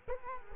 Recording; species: mosquito wingbeat signal from an infrared sensor; Culex quinquefasciatus